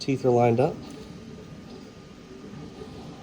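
Someone talks briefly while lining up both teeth of a filament cutter blade holder against the toolhead cutter assembly of a Bambu P1S, P1P or X1 printer, before pinching it into place. After the talking, only a low, steady background hum remains for the rest of the clip. Nothing has seated or clicked yet.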